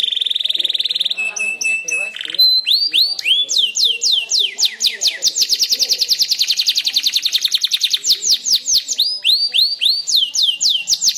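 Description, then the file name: Canary song opening with steady whistled tones and chatter, then long series of rapid rising sweeps repeated several times a second, bright and continuous. Standard canary song type. "suara-kicauan-kenari-standar 1-omkicau"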